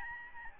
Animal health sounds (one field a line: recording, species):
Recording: mosquito wingbeat signal from an infrared sensor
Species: Aedes albopictus